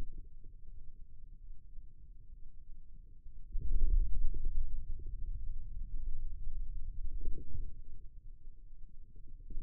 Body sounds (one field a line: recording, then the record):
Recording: forearm muscle sounds (acoustic myography)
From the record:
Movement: wrist extension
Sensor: system 2, bracelet of six BSWA MPA416 microphones around the upper forearm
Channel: 2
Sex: male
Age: 22 years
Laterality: right